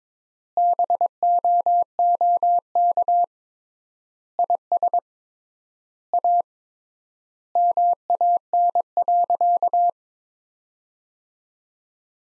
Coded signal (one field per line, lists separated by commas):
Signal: Morse code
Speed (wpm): 22 wpm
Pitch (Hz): 700 Hz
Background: none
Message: BOOK IS A MAN.